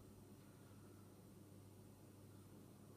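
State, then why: Not seated. The hinged silver lid of a weathered antique hip flask, whose hinge still works perfectly, is moved on its hinge above the flask neck before being closed. Only a steady, even background hum with low tonal bands is heard, with no sudden sounds. The lid has not clicked or locked into place yet.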